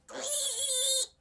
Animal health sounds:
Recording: pig call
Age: piglet (1 to 25 days)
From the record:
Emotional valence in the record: negative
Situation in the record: restrain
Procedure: back test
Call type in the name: high-frequency call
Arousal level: maximum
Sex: female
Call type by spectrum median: high-frequency call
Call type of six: high-frequency stable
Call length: 1.21 s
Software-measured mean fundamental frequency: 259 Hz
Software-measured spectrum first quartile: 3417 Hz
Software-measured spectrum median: 7031 Hz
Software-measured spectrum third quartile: 9437 Hz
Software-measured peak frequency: 3585 Hz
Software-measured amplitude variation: 122 dB a second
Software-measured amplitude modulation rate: 18.2 a second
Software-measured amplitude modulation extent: 6.7 dB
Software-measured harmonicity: 6.1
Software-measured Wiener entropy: -2.42

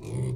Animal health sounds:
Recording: pig call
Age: weaner (32 to 43 days)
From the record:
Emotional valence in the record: negative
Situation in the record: novel object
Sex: female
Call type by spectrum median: low-frequency call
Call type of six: low-frequency stable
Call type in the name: low-frequency stable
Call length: 0.35 s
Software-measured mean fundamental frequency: 55 Hz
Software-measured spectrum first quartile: 125 Hz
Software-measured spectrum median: 198 Hz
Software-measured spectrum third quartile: 622 Hz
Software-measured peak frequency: 129 Hz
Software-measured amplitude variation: 111 dB a second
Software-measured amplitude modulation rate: 29.6 a second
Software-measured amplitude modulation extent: 3.8 dB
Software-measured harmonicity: 9.1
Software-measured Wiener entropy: -0.72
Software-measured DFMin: 1037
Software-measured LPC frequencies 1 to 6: 240, 2210, 3499, 4028, 4822, 5775 Hz

